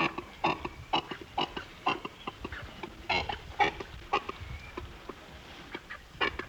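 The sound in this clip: European shag making gruff, pulsed grunts and croaks, repeated about twice a second in uneven groups, over faint low background noise.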